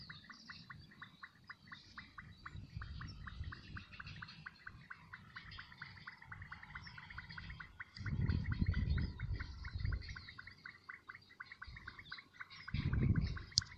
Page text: Nome científico: Leptodactylus gracilis Nome Espanhol: Ranita Rayada Data de Registro: 29/11/2018 País: Argentina Província. Departamento: Buenos Aires Localidade ou área protegida: Saladillo